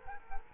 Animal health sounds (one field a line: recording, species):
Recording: mosquito wingbeat signal from an infrared sensor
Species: Culex quinquefasciatus